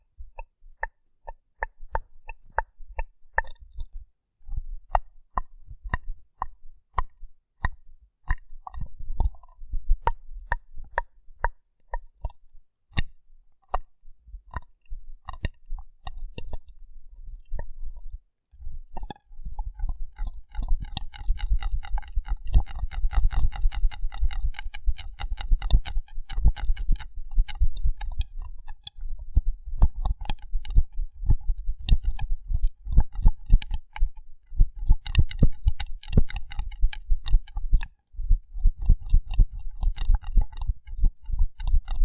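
Rough brain cleaning and picking: wet, clicky squelches and snaps, sparse and irregular for the first eighteen seconds or so. After that the sound turns denser and busier, a steady run of moist crackling and picking with brief gaps until the end.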